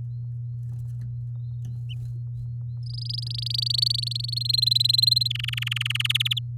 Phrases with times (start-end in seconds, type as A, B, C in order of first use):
2.86-4.39 A, 4.41-5.28 B, 5.30-6.12 C, 6.14-6.39 D